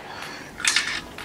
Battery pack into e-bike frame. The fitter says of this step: tada palaukit tuoj parodysiu va užsifiksuoja ne